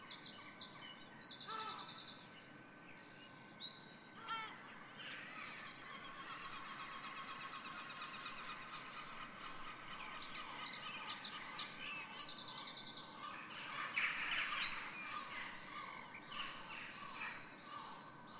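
A dawn chorus of many birds singing at once, with bright, rapid trills and chirps layered densely over a steady low hiss. Busy bursts of song swell around the start and again from about ten to sixteen seconds, while one thin high tone holds throughout.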